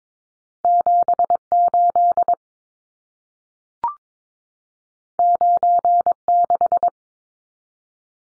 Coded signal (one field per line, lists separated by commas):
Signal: Morse code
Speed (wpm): 22 wpm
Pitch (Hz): 700 Hz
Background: none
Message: 78 96